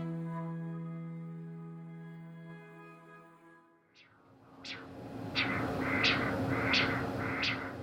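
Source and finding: Heart by Doppler ultrasound. Doppler ultrasound heartbeat.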